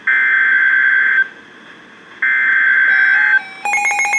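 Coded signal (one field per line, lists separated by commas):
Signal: Emergency Alert System (SAME) tones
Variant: header bursts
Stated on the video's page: Severe Thunderstorm Warnings on NOAA Weather Radio stations KHA99 and WXK22.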